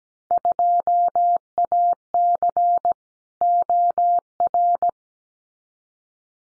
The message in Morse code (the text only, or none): 2AC OR